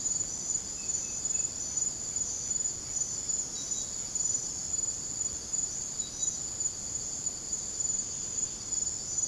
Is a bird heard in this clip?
no